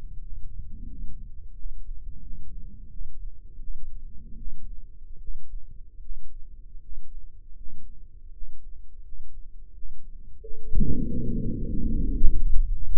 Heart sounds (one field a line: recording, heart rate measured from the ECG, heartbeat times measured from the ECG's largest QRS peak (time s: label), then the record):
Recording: heart sounds by microphone in the right ear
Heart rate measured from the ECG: 85 bpm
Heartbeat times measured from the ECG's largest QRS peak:
0.20 s: heartbeat
0.86 s: heartbeat
1.54 s: heartbeat
2.21 s: heartbeat
2.89 s: heartbeat
3.58 s: heartbeat
4.35 s: heartbeat
5.18 s: heartbeat
5.99 s: heartbeat
6.79 s: heartbeat
7.54 s: heartbeat
8.30 s: heartbeat
9.01 s: heartbeat
9.72 s: heartbeat
10.39 s: heartbeat
11.06 s: heartbeat
11.70 s: heartbeat
12.32 s: heartbeat
12.94 s: heartbeat
From the record:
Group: healthy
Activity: rest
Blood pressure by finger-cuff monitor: 108/52 mmHg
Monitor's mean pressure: 70 mmHg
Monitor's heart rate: 87 bpm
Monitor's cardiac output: 9.9 L/min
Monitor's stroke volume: 118 mL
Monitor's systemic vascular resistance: 500 dyn s/cm5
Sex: male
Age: 24 years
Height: 184 cm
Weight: 89 kg